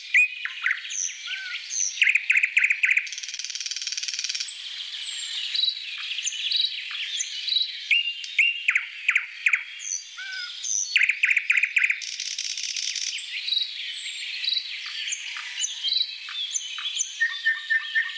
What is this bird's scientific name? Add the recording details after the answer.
Luscinia luscinia. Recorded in the wild. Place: Selenter See, Schleswig-Holstein, DE. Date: 1986-05-17. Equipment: Uher Report Monitor. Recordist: Schwarz, Dieter